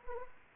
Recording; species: mosquito wingbeat signal from an infrared sensor; Anopheles arabiensis